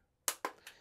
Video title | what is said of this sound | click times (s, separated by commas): Shark Vertex Pro Review And How To Use | and then it just pops right out | 0.3 s